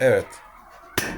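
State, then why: Seated. A new washing machine water inlet valve is set into the machine housing and turned the opposite way until its plastic clip locks home. Someone talks briefly at the start, then a quiet stretch follows, and a sharp click at 0.98 s marks the clip seating in place.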